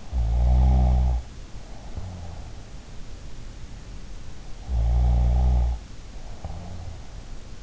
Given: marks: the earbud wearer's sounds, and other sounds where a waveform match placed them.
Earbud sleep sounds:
sounds in sleep by an in-ear microphone; snoring breath
0.00-2.72 s: snoring breath
4.56-6.82 s: snoring breath

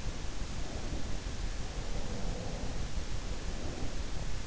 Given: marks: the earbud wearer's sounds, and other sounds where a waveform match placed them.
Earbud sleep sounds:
sounds in sleep by an in-ear microphone; breath
0.59-4.30 s: breath

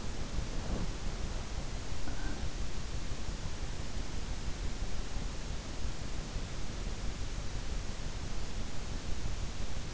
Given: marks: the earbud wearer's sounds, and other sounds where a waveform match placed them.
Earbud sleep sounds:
sounds in sleep by an in-ear microphone; body movement, breath
0.00-1.79 s: body movement
2.04-2.86 s: breath

